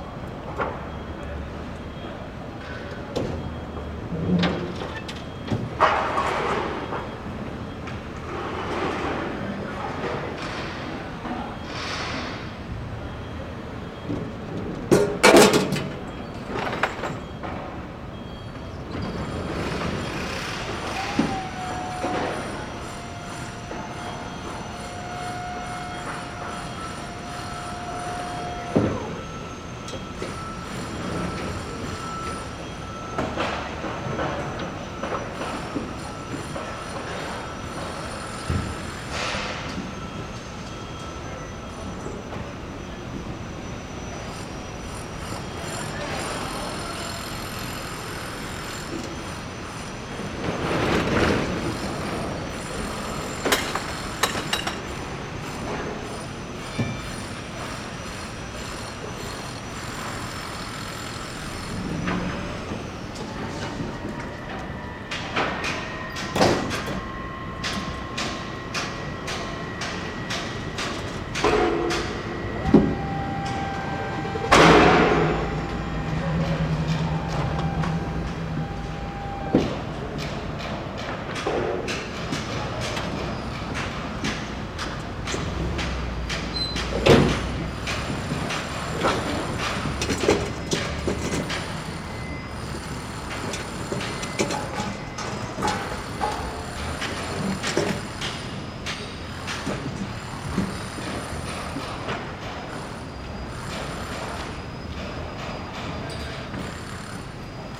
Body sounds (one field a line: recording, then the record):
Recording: background sound without coughing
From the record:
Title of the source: 30 MINUTES Construction Site Ambience (CC BY 4.0)